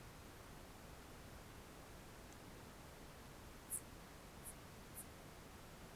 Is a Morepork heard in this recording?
no